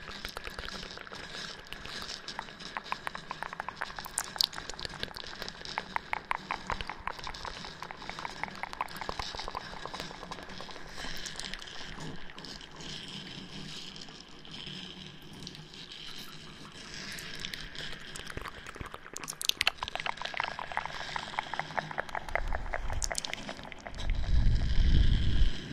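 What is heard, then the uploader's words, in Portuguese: Intense, rough scratching on a microphone, loud, with rapid repeated strokes that come in dense bursts. The scratches sound bright and crackly with a slight echo, and near the end a heavy, low rumbling thump swells up. ASMR ARRANHANDO O 3DIO COM ECO. ASMR intenso e agressivo com muitos sons de scratching.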